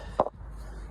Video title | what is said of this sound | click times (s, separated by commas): Toyota Avensis D4D, 2.0 T270, 2011 Intake manifold and EGR carbon cleaning and rebuild, 2008 to 2015 | you hear the click and off it comes | 0.2 s